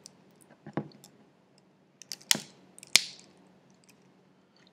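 A custom plastic housing side piece is pressed onto the body of a BlackBerry Curve 8330 phone and snaps into place. After faint handling rustles, two sharp plastic clicks sound at 2.3 s and 3.0 s, and the side is seated.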